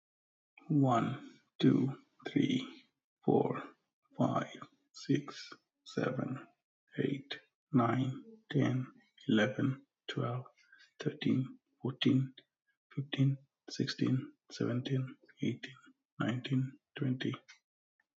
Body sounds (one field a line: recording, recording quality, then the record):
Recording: counting at a normal pace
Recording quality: excellent, no background noise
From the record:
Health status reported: healthy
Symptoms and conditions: hypertension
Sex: male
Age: 35 years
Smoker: not ticked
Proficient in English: yes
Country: Canada